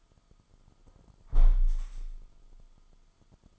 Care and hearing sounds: daily activity, microphone in the room; close window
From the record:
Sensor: 5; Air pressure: 1004.7 hPa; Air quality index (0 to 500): 85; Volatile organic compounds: 2 ppm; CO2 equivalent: 1025 ppm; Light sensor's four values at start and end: 34/80/32/31 and 34/80/32/31

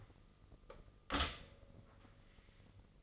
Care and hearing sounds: daily activity, microphone in the room; stop toaster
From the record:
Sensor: 4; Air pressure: 996.0 hPa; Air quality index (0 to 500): 68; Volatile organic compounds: 2 ppm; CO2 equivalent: 1228 ppm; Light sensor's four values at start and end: 14/34/13/14 and 13/33/13/14

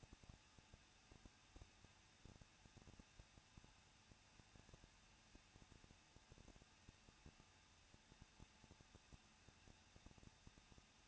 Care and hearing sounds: daily activity, microphone in the room; no activity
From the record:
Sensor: 2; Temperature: 21.0 degrees Celsius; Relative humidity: 37.3%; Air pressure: 1006.2 hPa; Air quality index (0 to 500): 221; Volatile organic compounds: 23 ppm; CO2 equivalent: 2791 ppm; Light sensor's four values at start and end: 2/3/2/2 and 2/3/2/2

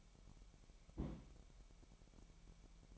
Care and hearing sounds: daily activity, microphone in the room; place on stove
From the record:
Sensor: 1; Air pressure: 1012.1 hPa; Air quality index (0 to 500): 223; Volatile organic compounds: 5 ppm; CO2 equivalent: 1781 ppm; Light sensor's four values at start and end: 72/170/72/76 and 72/170/72/76

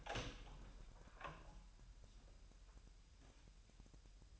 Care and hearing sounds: daily activity, microphone in the room; open door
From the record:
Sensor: 2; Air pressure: 1001.0 hPa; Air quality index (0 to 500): 249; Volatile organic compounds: 97 ppm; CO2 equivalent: 3732 ppm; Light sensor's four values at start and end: 10/23/9/10 and 10/23/10/10

